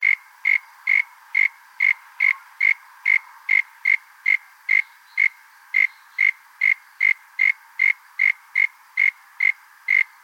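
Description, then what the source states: Frog call: short, bright tonal pips repeated steadily about twice a second in an even rhythm, with a quiet background. Unidentified Australian frog.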